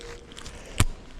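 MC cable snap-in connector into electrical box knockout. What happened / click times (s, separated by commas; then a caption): The cable connector caught with a first click but is not fully seated / 0.8 s. A snap-in MC cable connector is pushed into a knockout in a metal electrical box, with faint light ticks and rustle before one sharp, bright click at 0.8 s. The click is the connector catching on a small ledge, so it is only partly in and will seat fully only with a harder push.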